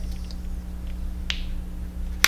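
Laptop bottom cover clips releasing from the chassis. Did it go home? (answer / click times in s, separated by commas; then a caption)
released / 1.3 s, 2.2 s. A pry opener or spatula is slid into the seam of a Predator Helios 300 gaming laptop's plastic bottom case and twisted gently, popping the snap clips open. Faint scrapes are heard over a low steady hum, followed by two sharp clicks at 1.3 s and 2.2 s. The bottom cover clips release from the chassis.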